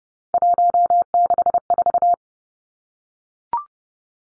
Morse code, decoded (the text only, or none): 164